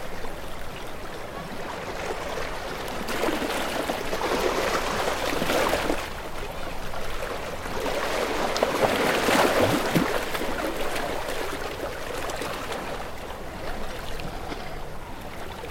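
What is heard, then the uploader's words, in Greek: Waves wash against rocks in a steady, dense roar of moving water that rises in two broader surges, around three to six seconds and again near eight to ten seconds. Fine splashing and hissing spray sit over a soft low rumble throughout. Κύματα στα βράχια.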